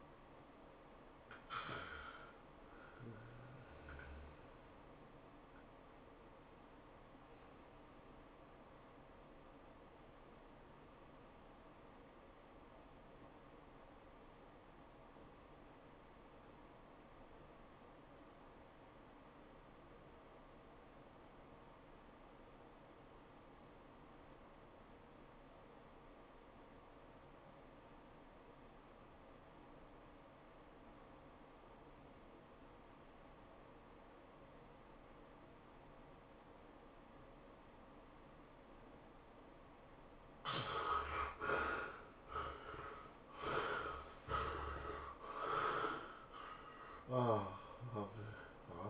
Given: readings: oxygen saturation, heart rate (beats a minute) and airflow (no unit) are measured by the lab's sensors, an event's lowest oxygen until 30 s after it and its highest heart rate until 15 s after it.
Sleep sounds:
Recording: breathing in sleep by a voice recorder at the bedside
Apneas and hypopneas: 1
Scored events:
9.00-42.20 s: obstructive apnea (REM, oxygen 95% highest, then 65% lowest, heart rate 106 at the start, 118 highest)
From the record:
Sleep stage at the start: REM sleep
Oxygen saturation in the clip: 66 to 95%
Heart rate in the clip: 67 to 116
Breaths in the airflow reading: 6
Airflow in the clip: -20.0 to 13.2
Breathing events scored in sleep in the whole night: 403 in 5.5 hours asleep

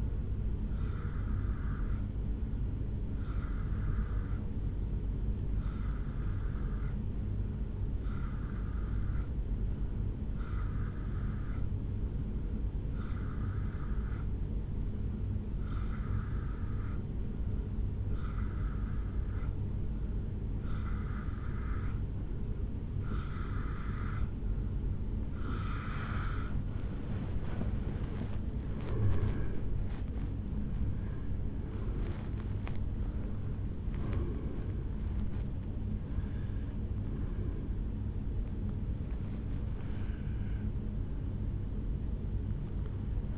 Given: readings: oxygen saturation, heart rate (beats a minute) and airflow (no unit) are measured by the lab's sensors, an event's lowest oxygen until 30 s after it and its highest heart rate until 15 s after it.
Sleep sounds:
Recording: breathing in sleep by a smartphone at the bedside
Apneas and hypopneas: 1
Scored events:
4.00-28.60 s: hypopnea (N3, oxygen 89% highest, then 87% lowest, heart rate 69 at the start, 74 highest)
13.00-43.38 s: new sleep stage, N2 (light sleep)
From the record:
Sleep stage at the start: N3 (deep sleep)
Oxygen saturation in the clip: 87 to 90%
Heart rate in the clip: 57 to 74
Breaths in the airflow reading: 13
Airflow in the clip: -10.6 to 8.8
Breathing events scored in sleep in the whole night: 449 in 7.0 hours asleep

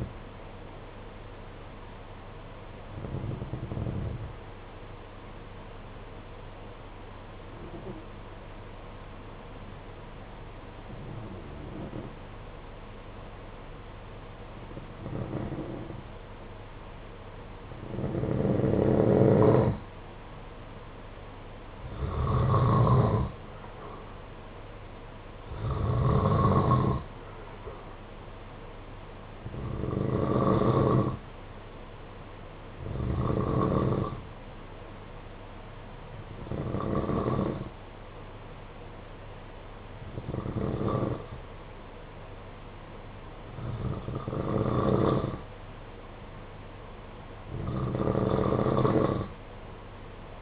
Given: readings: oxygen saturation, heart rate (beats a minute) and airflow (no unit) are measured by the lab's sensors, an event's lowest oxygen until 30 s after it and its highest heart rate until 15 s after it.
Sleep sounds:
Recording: breathing in sleep by a voice recorder at the bedside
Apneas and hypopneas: 1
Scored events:
1.00-31.00 s: new sleep stage, N1 (lightest sleep)
7.00-18.40 s: hypopnea (N1, oxygen 95% highest, then 89% lowest, heart rate 52 at the start, 62 highest)
31.00-50.42 s: new sleep stage, N2 (light sleep)
From the record:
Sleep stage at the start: N2 (light sleep)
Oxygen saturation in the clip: 89 to 95%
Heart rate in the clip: 52 to 62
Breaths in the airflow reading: 13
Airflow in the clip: -11.1 to 6.2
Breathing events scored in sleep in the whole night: 476 in 9.7 hours asleep

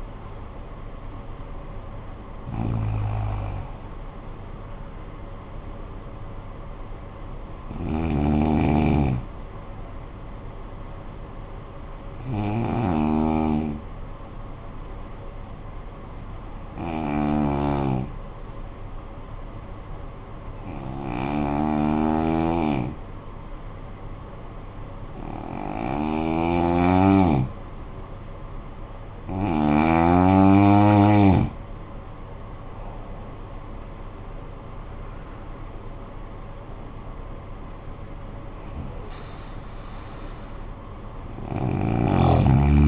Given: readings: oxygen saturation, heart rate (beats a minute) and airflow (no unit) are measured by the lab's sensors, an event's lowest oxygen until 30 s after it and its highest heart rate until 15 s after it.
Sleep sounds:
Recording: breathing in sleep by a smartphone at the bedside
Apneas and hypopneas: 1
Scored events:
4.00-34.00 s: new sleep stage, N1 (lightest sleep)
13.00-30.90 s: hypopnea (N1, oxygen 97% highest, then 85% lowest, heart rate 54 at the start, 73 highest)
34.00-42.88 s: new sleep stage, N2 (light sleep)
From the record:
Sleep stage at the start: N2 (light sleep)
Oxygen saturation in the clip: 87 to 97%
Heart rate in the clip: 52 to 73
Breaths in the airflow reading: 9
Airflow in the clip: -13.2 to 13.8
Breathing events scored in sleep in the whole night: 445 in 7.6 hours asleep

